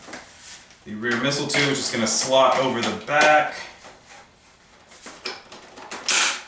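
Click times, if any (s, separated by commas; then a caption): 6.1 s. Someone talks while the plastic rear missile tube of a Nerf LMTD Gjallarhorn foam-dart blaster is slid over the back of the blaster body, with a few scraping and knocking sounds. It locks on with a sharp, solid click at 6.1 s and is seated firmly enough that it won't come off again.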